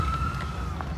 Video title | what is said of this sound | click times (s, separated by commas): Supercharging Electric Bike | immediately gonna unplug it hear the click and it's | 0.8 s